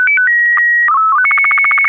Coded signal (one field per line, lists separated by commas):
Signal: SSTV (slow-scan television)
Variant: Robot BW 8